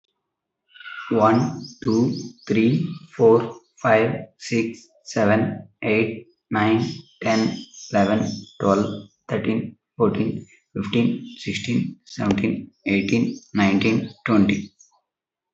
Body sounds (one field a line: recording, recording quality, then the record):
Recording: counting at a normal pace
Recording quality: excellent, no background noise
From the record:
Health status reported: respiratory illness, not identified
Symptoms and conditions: none ticked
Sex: male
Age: 21 years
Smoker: not ticked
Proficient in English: yes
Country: India